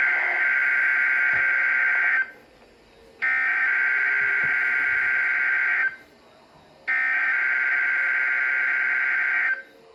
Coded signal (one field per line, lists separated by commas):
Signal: Emergency Alert System (SAME) tones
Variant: header bursts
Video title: 2025 Ohio Statewide Tornado Drill (EAS 2835-2837)